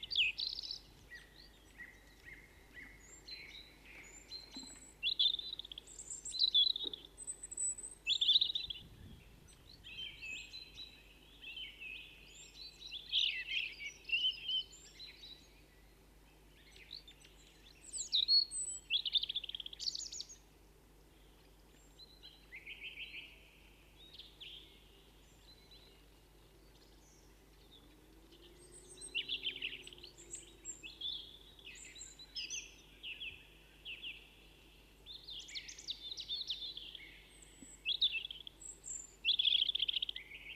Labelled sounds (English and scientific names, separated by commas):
European Robin (Erithacus rubecula) song